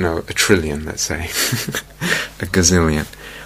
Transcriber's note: laughs